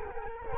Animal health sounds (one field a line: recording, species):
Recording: mosquito wingbeat signal from an infrared sensor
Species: Culex quinquefasciatus